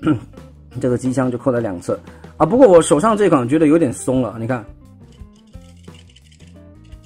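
Someone talks over faint background music while handling a plastic side box (weapon pod) against the side of a Transformers Studio Series SS68 Deluxe Class Leadfoot transforming robot toy, saying it feels loose. After the talking stops, quiet plastic handling follows, with a few small, sharp ticks around 6.1–6.3 s. Nothing has seated or clicked yet.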